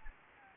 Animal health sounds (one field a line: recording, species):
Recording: mosquito wingbeat signal from an infrared sensor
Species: Anopheles gambiae